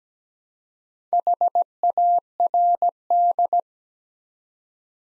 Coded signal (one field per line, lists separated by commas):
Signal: Morse code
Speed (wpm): 17 wpm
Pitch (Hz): 700 Hz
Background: none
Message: HARD